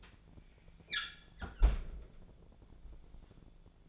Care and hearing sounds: daily activity, microphone in the room; close fridge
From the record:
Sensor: 5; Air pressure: 1000.2 hPa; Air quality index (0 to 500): 103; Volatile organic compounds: 1 ppm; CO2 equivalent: 834 ppm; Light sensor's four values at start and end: 235/559/238/260 and 232/551/235/256

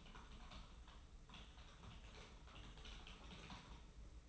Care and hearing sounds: daily activity, microphone in the room; typing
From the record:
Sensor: 1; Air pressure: 991.0 hPa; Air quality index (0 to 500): 126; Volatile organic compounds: 290 ppm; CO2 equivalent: 4458 ppm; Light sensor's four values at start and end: 23/55/23/25 and 23/55/23/25

